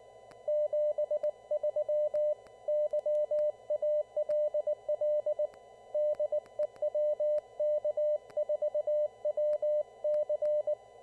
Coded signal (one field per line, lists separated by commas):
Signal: Morse code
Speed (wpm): 19 wpm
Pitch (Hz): 600 Hz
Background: none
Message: 73 YALL DE WK4WC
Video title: Parks On The Air (POTA) at the Tuckertown access area below the Highrock Lake Dam